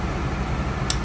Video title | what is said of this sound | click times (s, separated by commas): Cascadia disc brake pads replacement | i can't turn the wheel so now what you got to do is take three clicks off | 0.9 s